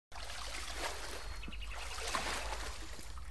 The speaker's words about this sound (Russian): Небольшая тростниковая лодка плавно рассекала воды Итеру, бирюзовые в матовых рассветных сумерках.